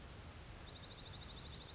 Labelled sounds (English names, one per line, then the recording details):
Grasshopper Sparrow
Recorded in Sonoma County, California